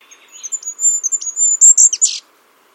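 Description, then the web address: Bird calls: a rapid run of thin, high chirps and whistles, building to louder, buzzy notes near the end, then silence. "birddata Deverinetal 2025"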